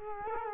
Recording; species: mosquito wingbeat signal from an infrared sensor; Culex quinquefasciatus